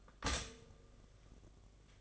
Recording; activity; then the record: daily activity, microphone in the room; stop toaster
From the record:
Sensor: 4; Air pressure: 1005.0 hPa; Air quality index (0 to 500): 187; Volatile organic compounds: 6 ppm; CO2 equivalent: 1840 ppm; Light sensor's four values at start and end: 17/56/21/19 and 17/56/21/19